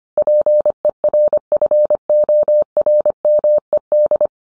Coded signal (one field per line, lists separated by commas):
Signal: Morse code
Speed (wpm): 25 wpm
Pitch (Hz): 600 Hz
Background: none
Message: PERFORMED